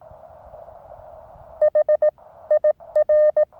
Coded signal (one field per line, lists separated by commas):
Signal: Morse code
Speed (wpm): 18 wpm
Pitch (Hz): 590 Hz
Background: none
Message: HIR